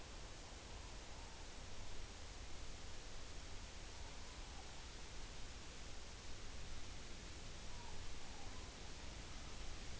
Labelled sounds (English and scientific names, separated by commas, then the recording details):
Morepork (Ninox novaeseelandiae) more-pork call
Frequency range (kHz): Morepork (Ninox novaeseelandiae) 0.6-1.1 kHz
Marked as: faintness 5/5, faintness 4/5
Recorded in New Zealand on 11 September 2013
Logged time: 02:19
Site Ponui